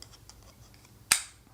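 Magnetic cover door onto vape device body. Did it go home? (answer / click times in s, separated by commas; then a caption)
yes / 1.1 s. A magnetic outer door (cover) is fitted over the cartridge on an ENVII FITT vape device body and snaps shut into place, held by two magnets. After a second of faint small ticks and rustles, a loud, sharp snap at 1.1 s confirms the door is seated.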